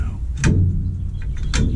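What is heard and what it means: A horn ring fitted with a new plastic insulator and horn spring is pushed into the steering wheel hub of a 1959 Ford (Ranch Wagon, Galaxie, Fairlane, Ranchero) and turned so its tabs lock into the grooves. Sharp mechanical hits ring out at 0.4 s and 1.6 s over a low background rumble as it twist-locks, and the horn ring is seated.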